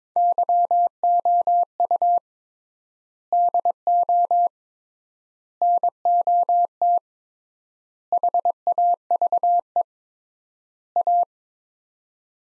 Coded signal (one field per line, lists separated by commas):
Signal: Morse code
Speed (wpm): 22 wpm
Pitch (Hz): 700 Hz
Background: none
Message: YOU DO NOT HAVE A